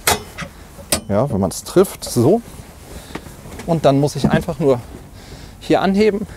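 After the folding seat-bed in a 2021 VW T6.1 Westfalia Club Joker City camper van is converted back into a seat, its locking clip is pushed back into its holder with two sharp hits at 0.1 s and 0.9 s while someone talks. The clip snaps back into place and is seated.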